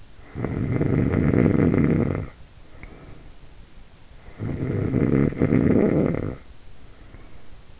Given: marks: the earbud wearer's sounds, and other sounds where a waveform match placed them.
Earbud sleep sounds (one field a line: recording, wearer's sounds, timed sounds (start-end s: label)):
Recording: sounds in sleep by an in-ear microphone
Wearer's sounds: snoring breath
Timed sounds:
0.14-3.46 s: snoring breath
4.26-7.80 s: snoring breath